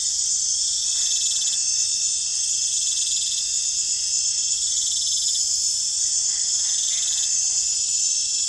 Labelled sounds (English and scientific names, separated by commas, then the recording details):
none
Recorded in pastures near Puerto Asís, Putumayo, Colombia, on 16 December 2024 at 20:30
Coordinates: 0.466, -76.322
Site G040